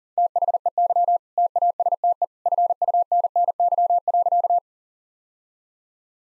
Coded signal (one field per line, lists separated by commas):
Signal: Morse code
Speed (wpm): 40 wpm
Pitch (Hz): 700 Hz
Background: none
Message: THEY TASTE FUNNY.